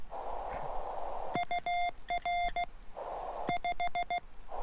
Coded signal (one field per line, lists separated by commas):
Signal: Morse code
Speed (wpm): 16 wpm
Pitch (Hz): 700 Hz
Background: none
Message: UR 5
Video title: POTA at Everglades National Park - Morse Code